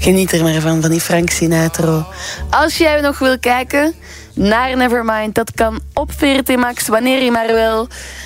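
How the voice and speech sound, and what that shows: Fluent, clear Dutch from one adult Studio Brussel radio presenter, with a low steady hum or music bed beneath.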